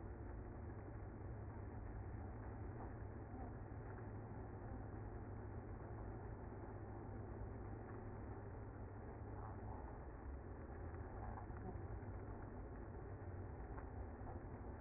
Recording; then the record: honeybee colony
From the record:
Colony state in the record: active